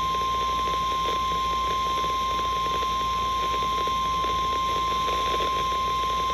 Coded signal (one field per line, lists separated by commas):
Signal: Emergency Alert System (SAME) tones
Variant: 1050 Hz attention tone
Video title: EAS Capture #4 - WNG655 Required Weekly Test.